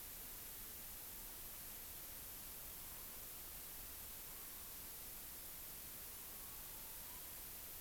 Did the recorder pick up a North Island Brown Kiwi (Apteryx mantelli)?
no